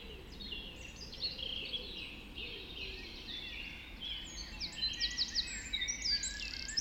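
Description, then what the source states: Birds in dawn chorus, many high chirps, trills and whistled phrases overlapping continuously, growing busier toward the end, over a faint low rumble. Dawn chorus recorded just after dawn in the Forest of Dean.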